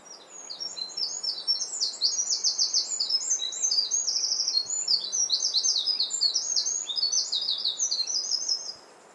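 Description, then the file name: Eurasian wren song: a long, loud rush of high trills and sharp ticking notes, fast and rattling throughout before ending abruptly. "Troglodytes troglodytes"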